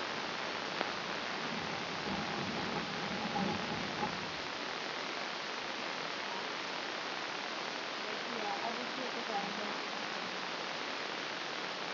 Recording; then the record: brain microelectrode recording played as sound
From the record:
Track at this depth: outside the subthalamic nucleus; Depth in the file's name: 0.346 mm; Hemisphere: left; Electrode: 3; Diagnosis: Parkinson's disease